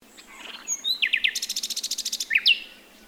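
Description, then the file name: Common nightingale phrase opening with a few falling notes, then a fast, even run of many sharp repeated notes, closing on a bright slurred whistle. "Luscinia megarhynchos"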